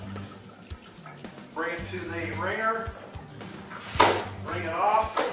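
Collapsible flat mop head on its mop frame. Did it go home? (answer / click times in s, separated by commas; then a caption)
no / none. A collapsible flat mop head on its mop frame is brought to the wringer and pulled back out while someone talks over background music. A few soft knocks are heard, with one sharp, louder hit at about 4.0 s. Nothing has seated or clicked yet; the mop head has not locked open by the end.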